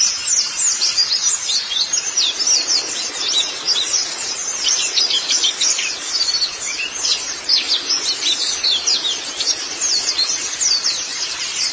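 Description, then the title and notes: White-eye singing, clear high chirps and short whistled notes pouring out in quick succession, loud and continuous throughout. "Kicauan Burung Pleci Durasi Panjang. Suara kicauan burung pleci"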